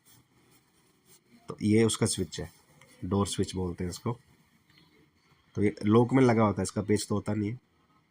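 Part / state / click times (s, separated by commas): door sensor switch into printer frame lock slot / not seated / none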